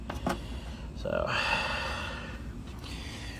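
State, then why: Seated. A horn button with its contact plate, installed contacts-on-top, is pressed into the hub of a Grant Challenger steering wheel and clicks into place with a short, sharp hit at 0.1 s. Someone talks afterward, and the button is seated.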